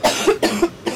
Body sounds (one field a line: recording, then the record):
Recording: coughing mixed with background sound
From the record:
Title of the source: 61 morning phlegmy cough...again